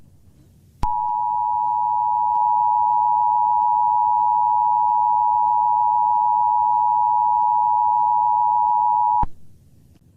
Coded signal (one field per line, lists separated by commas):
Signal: Emergency Alert System (SAME) tones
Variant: 853 and 960 Hz attention tone